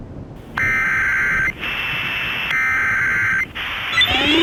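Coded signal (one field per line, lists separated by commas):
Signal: Emergency Alert System (SAME) tones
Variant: header bursts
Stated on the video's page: Fictional analog-horror EAS scenario involving a tornado; simulated alert, remake of an earlier scenario.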